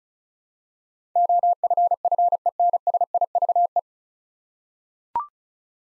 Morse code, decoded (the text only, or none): OFFENSIVE